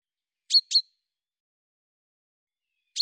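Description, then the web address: A bird makes two brisk, high chirps, then stays quiet until another chirp begins at the very end. "cianscape birddata Deverinetal 2025 Bird Fr Co"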